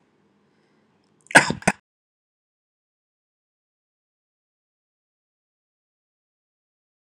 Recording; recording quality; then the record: heavy voluntary cough; excellent, no background noise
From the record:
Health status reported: healthy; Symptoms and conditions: none ticked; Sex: male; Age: 43 years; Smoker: not ticked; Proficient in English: yes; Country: India